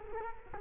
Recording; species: mosquito wingbeat signal from an infrared sensor; Culex quinquefasciatus